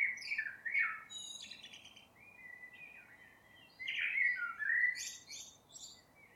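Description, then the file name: Common blackbird pouring out continuous mellow warbling, fluted whistles mixed with high squeaky twitters, with little pause between phrases. "Turdus merula"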